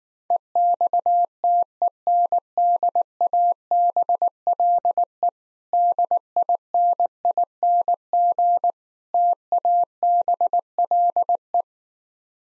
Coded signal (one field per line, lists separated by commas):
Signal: Morse code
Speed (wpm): 19 wpm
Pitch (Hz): 700 Hz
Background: none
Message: EXTENDABLE DINING TABLE